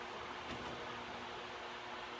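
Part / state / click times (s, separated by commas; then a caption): egg tray into incubator turner / not seated / none. An egg tray is handled at the front of an Incuview XL cabinet incubator, about to be pushed in to latch onto the egg turner mechanism at the back. Only a steady hum with faint low tones and broadband machine noise is heard, with no sharp impacts. Nothing has seated or clicked yet.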